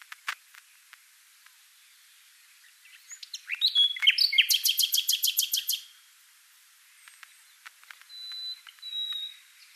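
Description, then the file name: Common nightingale song, scattered clicks building to a fast, loud series of rapid repeated notes, followed by quieter thin whistles. "Luscinia megarhynchos"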